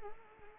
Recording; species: mosquito wingbeat signal from an infrared sensor; Anopheles arabiensis